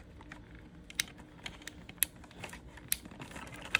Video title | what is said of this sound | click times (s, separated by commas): T10V3 Headunit: 4Runner 5th Gen Radio Install (CarPlay & Androidauto) ! | you heard the clicks and then i try loosely | 1.0 s, 2.0 s, 2.9 s, 3.8 s